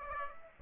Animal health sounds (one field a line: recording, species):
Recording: mosquito wingbeat signal from an infrared sensor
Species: Aedes aegypti